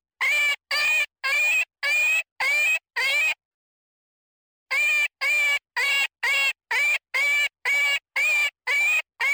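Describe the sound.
Jackrabbit giving distress screams, six rough quavering cries, a silence of about one and a half seconds, then another quick regular series of harsh shrieks.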